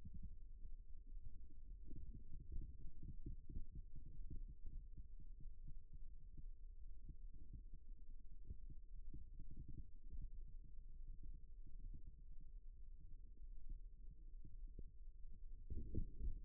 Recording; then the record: forearm muscle sounds (acoustic myography)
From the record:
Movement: rest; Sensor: system 1, eight BSWA MPA416 microphones around the upper forearm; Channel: 8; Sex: male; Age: 41 years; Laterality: right